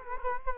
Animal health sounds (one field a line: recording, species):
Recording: mosquito wingbeat signal from an infrared sensor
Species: Culex quinquefasciatus